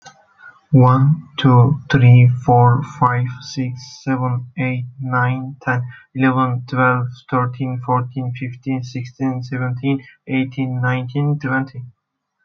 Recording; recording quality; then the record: counting at a normal pace; excellent, no background noise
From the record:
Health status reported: healthy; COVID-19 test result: not tested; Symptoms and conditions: none ticked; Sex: male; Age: 21 years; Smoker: not ticked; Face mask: not worn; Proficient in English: yes